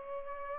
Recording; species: mosquito wingbeat signal from an infrared sensor; Culex pipiens